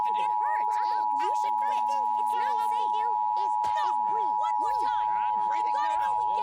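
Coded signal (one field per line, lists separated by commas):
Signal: Emergency Alert System (SAME) tones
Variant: 853 and 960 Hz attention tone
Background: speech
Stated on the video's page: Valid EAS tones taken from older videos, edited into a show as fake interruptions: a Rainbow Dash warning, test messages, and a dust storm warning.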